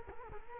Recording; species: mosquito wingbeat signal from an infrared sensor; Culex quinquefasciatus